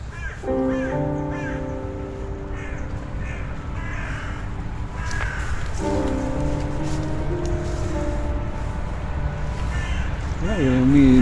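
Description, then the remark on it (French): Caged birds call in harsh, crow-like caws and sustained raspy tones, in two long bursts over a steady low rumble, ending with a rising, wavering squawk. “cage pour les oiseaux.”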